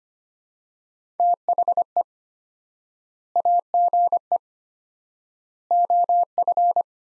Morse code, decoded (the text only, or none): THE AGE OF